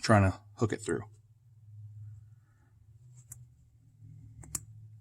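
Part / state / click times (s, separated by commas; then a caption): spring hook on pin in pistol frame / seated / 4.5 s. Someone talks briefly while pressing down with a finger and pushing a pin to hook a spring through on a CZ 75 D Compact (P-01) pistol frame. Faint ticks follow at about 3.3 s and 4.4 s, then a sharp click at 4.6 s as the spring hook catches on the pin. It seats and is mostly retained.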